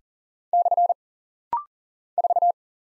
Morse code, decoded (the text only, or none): / 4